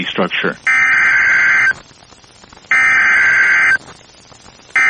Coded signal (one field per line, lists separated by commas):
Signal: Emergency Alert System (SAME) tones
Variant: header bursts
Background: speech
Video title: NOAA Weather Radio · WXJ96 Monroe, Louisiana · EAS #3 · Severe Thunderstorm Warning · 12/28/24